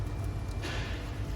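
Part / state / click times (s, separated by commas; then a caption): glow plug wiring connector onto glow plug / not seated / none. A glow plug wiring connector is being handled as it is pushed back down onto the cylinder 3 pressure-sensing glow plug of an Audi A3 TDI diesel engine, during repair of glow plug fault P0673. A steady low rumble runs throughout, with a broader hiss rising from about 0.6 s. Nothing has seated or clicked yet.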